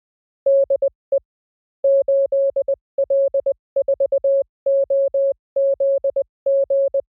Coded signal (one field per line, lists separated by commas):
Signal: Morse code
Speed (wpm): 20 wpm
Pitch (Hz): 550 Hz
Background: none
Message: DE 8L4OZG